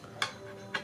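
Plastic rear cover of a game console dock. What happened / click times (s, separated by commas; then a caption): The plastic cover's clips let go and it came off / 0.2 s, 0.8 s. The plastic rear door of a white Nintendo Switch OLED dock is pulled off to reveal the AC, HDMI and LAN ports. Two sharp plastic clicks at 0.2 s and 0.8 s mark the cover's clips letting go, and the door comes off easily.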